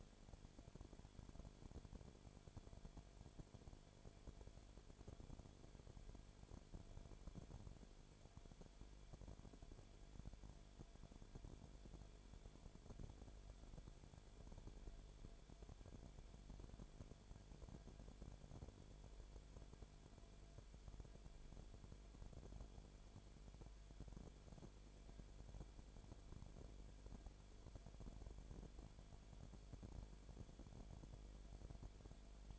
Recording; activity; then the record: daily activity, microphone in the room; no activity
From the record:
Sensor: 5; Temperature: 19.9 degrees Celsius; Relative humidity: 35.6%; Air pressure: 1003.4 hPa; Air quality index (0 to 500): 57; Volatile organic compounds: 1 ppm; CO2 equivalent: 635 ppm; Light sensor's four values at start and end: 2/3/1/1 and 2/3/1/1